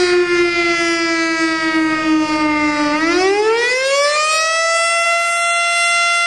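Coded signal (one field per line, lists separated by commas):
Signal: siren signal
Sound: loud harmonic siren wail, slight dip then rising pitch, sustained throughout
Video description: This is the Monday noon test of our local fire station's siren.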